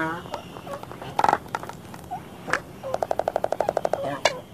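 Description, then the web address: Black-footed albatross calls: scattered short notes, then a rapid series of pulsed notes lasting over a second, ending with a sharper call. North America. "Songs of Birds of North America. Black-footed Albatross"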